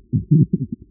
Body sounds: neck accelerometer signal played as sound; no cough (speech, laughter, throat clearing or background)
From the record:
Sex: male

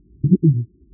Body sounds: neck accelerometer signal played as sound; voluntary cough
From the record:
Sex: female

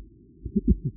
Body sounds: neck accelerometer signal played as sound; voluntary cough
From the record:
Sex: female

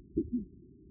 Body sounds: neck accelerometer signal played as sound; voluntary cough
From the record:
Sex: female

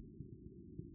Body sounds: neck accelerometer signal played as sound; no cough (speech, laughter, throat clearing or background)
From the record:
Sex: male

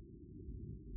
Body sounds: neck accelerometer signal played as sound; no cough (speech, laughter, throat clearing or background)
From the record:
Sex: male

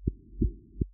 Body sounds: neck accelerometer signal played as sound; voluntary cough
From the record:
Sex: female

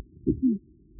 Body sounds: neck accelerometer signal played as sound; voluntary cough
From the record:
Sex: female

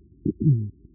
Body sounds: neck accelerometer signal played as sound; voluntary cough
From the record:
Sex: male

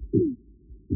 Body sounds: neck accelerometer signal played as sound; no cough (speech, laughter, throat clearing or background)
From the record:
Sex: male

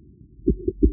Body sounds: neck accelerometer signal played as sound; voluntary cough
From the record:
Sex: male

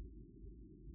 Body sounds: neck accelerometer signal played as sound; no cough (speech, laughter, throat clearing or background)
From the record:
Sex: male

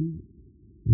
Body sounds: neck accelerometer signal played as sound; no cough (speech, laughter, throat clearing or background)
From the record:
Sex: male

